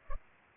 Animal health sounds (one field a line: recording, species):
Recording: mosquito wingbeat signal from an infrared sensor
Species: Culex pipiens